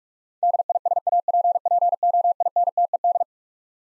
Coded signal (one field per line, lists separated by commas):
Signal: Morse code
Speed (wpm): 41 wpm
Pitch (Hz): 700 Hz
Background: none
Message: DISAPPOINTED